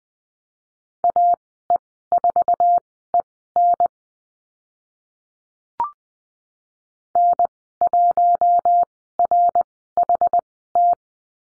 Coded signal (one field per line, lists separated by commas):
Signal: Morse code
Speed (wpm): 20 wpm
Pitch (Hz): 700 Hz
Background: none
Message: AE4EN N1RHT